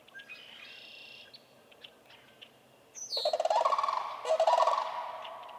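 Sandhill crane giving two rolling rattled bugles in the second half, preceded by fainter high calls and a quiet stretch.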